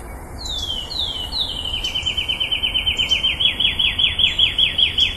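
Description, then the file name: Riverbank warbler singing three downslurred whistles that lead into a fast, swelling run of clipped, repeated notes. Recorded at Urugua-í provincial park on 12 October 2013. "Myiothlypis-rivularis 2013-10-12 PP-Urugua-i Jorge-La-Grotteria"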